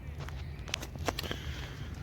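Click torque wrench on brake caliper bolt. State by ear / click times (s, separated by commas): torque reached / 0.7 s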